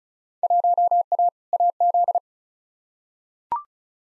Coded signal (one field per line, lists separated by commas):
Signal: Morse code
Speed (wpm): 36 wpm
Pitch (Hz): 700 Hz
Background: none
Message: 1A AZ